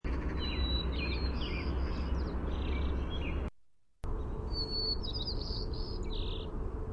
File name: WCSP song